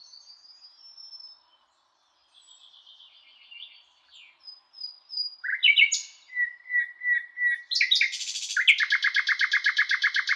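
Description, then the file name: Common nightingale song: soft thin whistles, then louder repeated notes, harsh buzzy notes and a fast rattled trill. "Luscinia megarhynchos"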